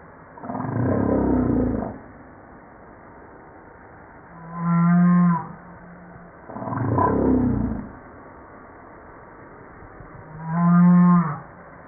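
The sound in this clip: Humpback whale song: broad, gravelly grunting units alternate with low, humming harmonic moans in a repeating pattern.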